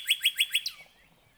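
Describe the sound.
Northern cardinal song: four quick, evenly spaced whistled notes followed by one higher, sharper note, then silence.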